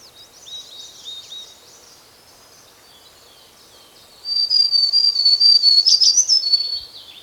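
White-browed shortwing: songbird giving soft high twitters, then after a pause a loud, rapid warble settling into a long high whistle with quick flourishes.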